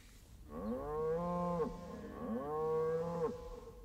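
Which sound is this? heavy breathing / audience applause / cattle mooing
cattle mooing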